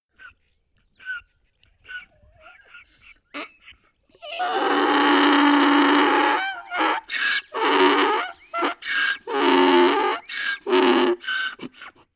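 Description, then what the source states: Donkey braying: a few short wheezy snorts, then a long harsh honk followed by a rapid see-saw of loud rasping brays, alternating in and out. Donkey crying.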